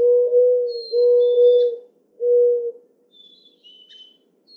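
Mourning dove song: low, soft, steady hooting coos, a long drawn note, then a second and a shorter third, with faint high thin whistles from another bird in the background.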